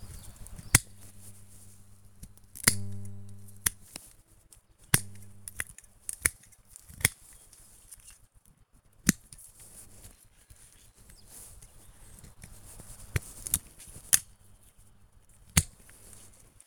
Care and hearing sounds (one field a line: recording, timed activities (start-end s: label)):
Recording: household activities, microphone on the right wrist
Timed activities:
4.19-16.67 s: cutting wood